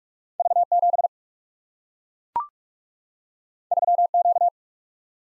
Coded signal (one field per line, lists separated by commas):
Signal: Morse code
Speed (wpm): 44 wpm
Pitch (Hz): 700 Hz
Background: none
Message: V7 3Q